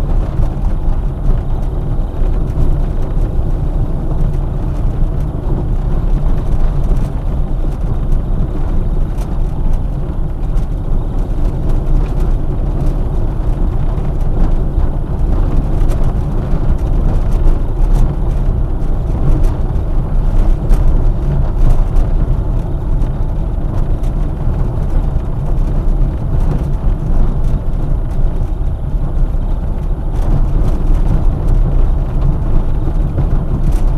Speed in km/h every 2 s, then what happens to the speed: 22, 20, 18, 20, 20, 20, 21, 24, 24, 25, 25, 25, 23, 23, 25, 24, 23.
0-34 steady at about 23.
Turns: none.